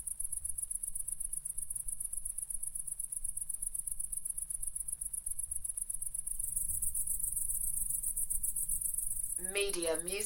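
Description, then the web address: Crickets trilling in a dense, continuous, very high pulsing chorus, with a brief warbling bird-like call near the end and low background rumble. Crickets singing in a chorus together with cicadas. "lynne-publishing Crickets Chorus, Cicadas Singing"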